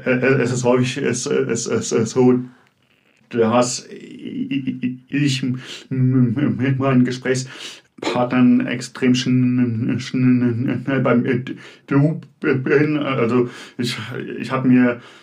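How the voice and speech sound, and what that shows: A man in his mid-to-late twenties who stutters, speaking German, repeats 'es' several times, stretches s, sh and n sounds, and has silent blocks: stuttering.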